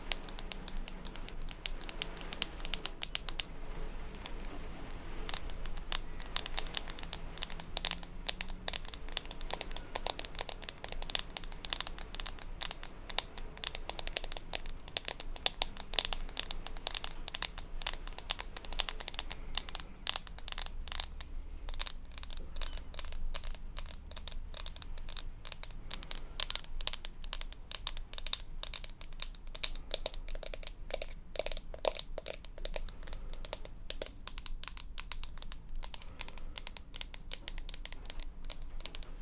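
Dense, irregular tapping runs throughout, quick sharp clicks clustered in bursts with a crinkly, crumpling texture and a low hum underneath.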